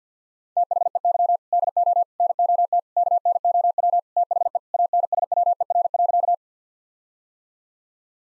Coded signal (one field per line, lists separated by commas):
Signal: Morse code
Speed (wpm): 50 wpm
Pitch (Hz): 700 Hz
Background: none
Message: THEY DO NOT KNOW THE ANSWER.